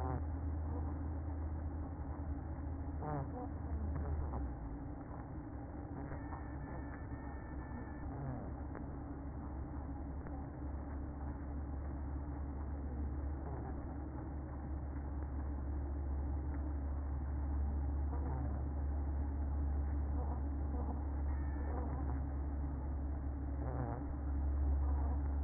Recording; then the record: honeybee colony, microphone inside the hive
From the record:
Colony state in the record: queen present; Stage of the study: after two queens were removed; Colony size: about 60,000 bees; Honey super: yes